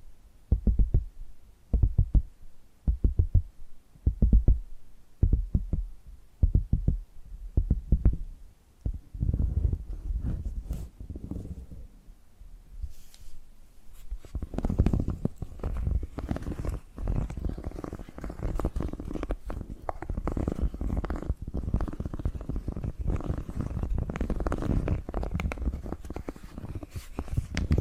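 Tapping and scratching sounds: the first nine seconds hold regular, spaced taps, dull and low with brief bright clicks. After a quieter, murmuring stretch around ten to fourteen seconds, dense continuous scratching takes over, rough and busy through the end.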